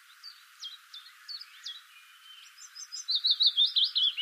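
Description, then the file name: Common blackbird calls: sharp chips, then a loud fast rattling chatter of repeated notes toward the end. "Turdus merula"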